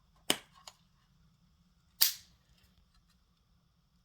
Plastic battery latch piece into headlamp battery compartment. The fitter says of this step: slide that one clicks right in